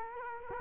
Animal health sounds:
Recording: mosquito wingbeat signal from an infrared sensor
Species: Culex quinquefasciatus

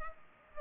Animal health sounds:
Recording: mosquito wingbeat signal from an infrared sensor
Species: Culex pipiens

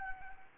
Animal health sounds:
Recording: mosquito wingbeat signal from an infrared sensor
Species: Anopheles gambiae

